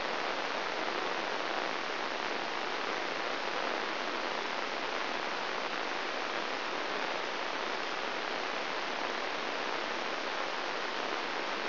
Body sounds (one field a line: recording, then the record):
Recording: brain microelectrode recording played as sound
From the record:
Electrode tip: inside the subthalamic nucleus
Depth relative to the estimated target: 1 mm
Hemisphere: left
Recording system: AlphaMap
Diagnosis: Parkinson's disease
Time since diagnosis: 13 years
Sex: male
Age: 63 years